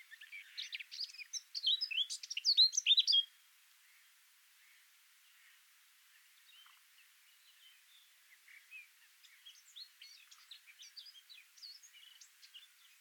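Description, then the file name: Eurasian blackcap warbling song: about three seconds of loud, hurried twittering and chirps, followed by fainter chattering. "Sylvia atricapilla"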